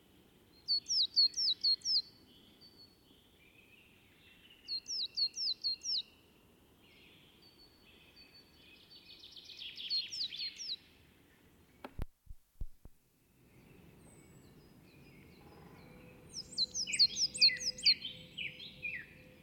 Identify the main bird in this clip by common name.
Coal Tit